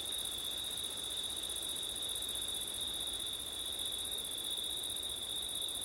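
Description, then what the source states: Cricket chorus, an even, high-pitched continuous trill with a fainter, even higher band, steady from start to finish. Crickets on a September night with wind; labelled ortif.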